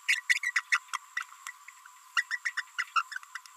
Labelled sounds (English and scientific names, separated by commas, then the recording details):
Green-rumped Parrotlet (Forpus passerinus) babbling
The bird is a female
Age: 30 days
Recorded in a nest box in Venezuela
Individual 17B42B1